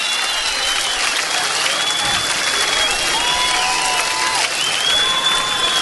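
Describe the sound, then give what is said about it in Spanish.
A live audience claps steadily in a dense, continuous wash of applause at a show being recorded live and broadcast nationwide on FM Tiempo radio, with thin high whistles gliding over it at moments; no one speaks. “Todos arriba, en vivo, con esas palmas que se escuchen, porque se está grabando en vivo, está llegando a todo el país.”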